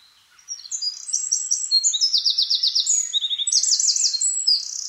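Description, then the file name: Eurasian wren pouring out a rapid, high, ringing song of repeated buzzy trills and bright chips, strong and continuous after a short pause. "Troglodytes troglodytes"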